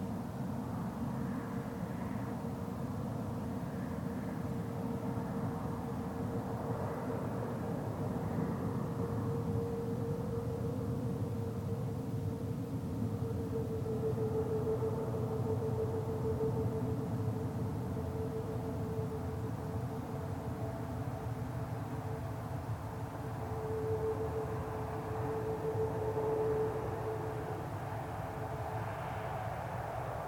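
An evening meadow with a steady low rumble of road traffic in the distance, dense and unbroken throughout. A thin sustained tone hangs over it, swelling around the middle and again near the end, like a passing engine or aircraft.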